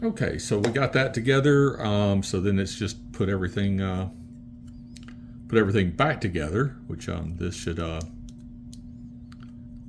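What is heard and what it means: After a DCC decoder is fitted, a plastic coach body is handled onto its chassis on an N scale model train as the coach is reassembled, with faint small taps of handling while someone talks. The clip ends before the parts snap together; nothing has seated yet.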